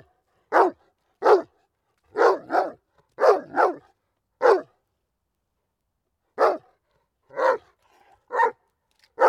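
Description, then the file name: Dog giving about ten quick barks, some in close pairs, with a short lull before the last few barks. "Digiffects Sound Effects Library - Dog Barking"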